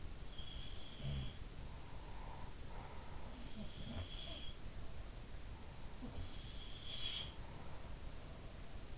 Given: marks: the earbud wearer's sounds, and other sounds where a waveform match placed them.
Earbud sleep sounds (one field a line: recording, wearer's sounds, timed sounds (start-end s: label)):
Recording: sounds in sleep by an in-ear microphone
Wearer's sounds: breath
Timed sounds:
0.09-1.69 s: sound from someone else or the room
2.08-2.92 s: breath
3.32-5.23 s: sound from someone else or the room
5.92-8.61 s: sound from someone else or the room